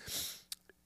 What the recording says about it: Like right now I'm going through allergy season, right? I sneeze nonstop. I'm sniffling in the mic. Right now is full-blown allergy season.